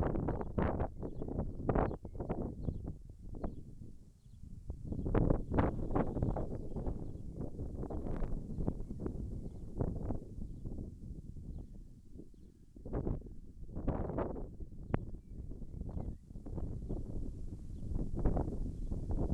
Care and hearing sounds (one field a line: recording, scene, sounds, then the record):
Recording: everyday scene through a hearing-aid microphone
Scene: wind on the microphone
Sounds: wind, birds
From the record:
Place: in front of a rural house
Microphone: behind the ear, left, rear